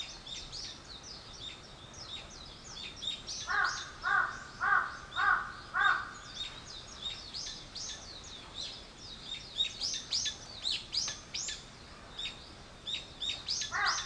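Bird calls: a steady patter of high chirps throughout, joined midway by five harsher, lower notes spaced about half a second apart, then more high chirping.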